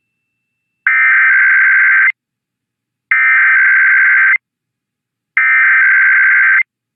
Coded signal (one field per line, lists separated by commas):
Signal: Emergency Alert System (SAME) tones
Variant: header bursts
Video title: Sacramento and IPAWS Tests (EAS #763-776) 11/4/24